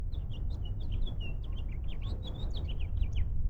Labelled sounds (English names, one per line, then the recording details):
House Finch song
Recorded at Lawrence on Long Island, New York, on 4 June 1975
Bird C